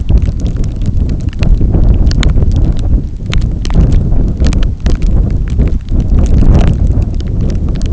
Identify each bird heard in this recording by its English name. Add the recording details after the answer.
none. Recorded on Arctic tundra, site NAIT-1, on 27 June 2019. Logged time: 00:00